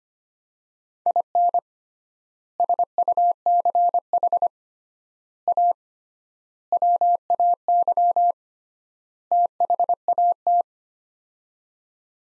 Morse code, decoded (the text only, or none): IN SUCH A WAY THAT